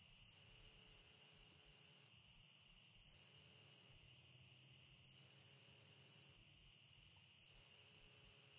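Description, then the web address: Nebraska conehead producing a shrill, continuous buzz in four bursts of one to two seconds, pausing briefly between each, with a soft constant tone behind. "Songs of Insects. Nebraska Conehead"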